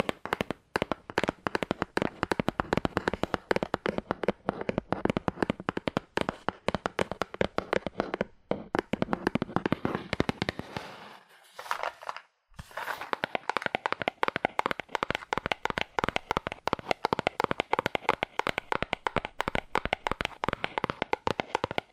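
Fast, aggressive tapping on cardboard in dense rapid bursts of sharp knocks, pausing briefly near eight seconds and again around eleven to twelve.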